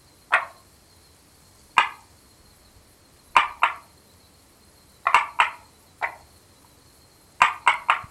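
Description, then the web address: Frog giving short, sharp knocking clucks, singly or in quick groups, at irregular intervals over a faint steady background hiss. Recorded on 4 April 2020 between 18:00 and 20:00. "frog rec 18-20 20200404"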